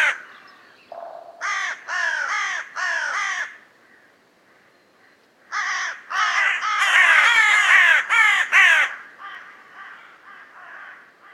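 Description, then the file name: Carrion crow calling, a few rasping caws, then a louder, longer run of overlapping harsh calls. "Corvus corone"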